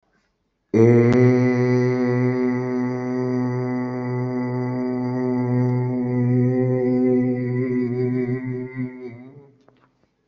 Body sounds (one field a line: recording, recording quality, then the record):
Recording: sustained vowel as in made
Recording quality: excellent, no background noise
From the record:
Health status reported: respiratory illness, not identified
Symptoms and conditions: none ticked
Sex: male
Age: 34 years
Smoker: yes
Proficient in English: yes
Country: India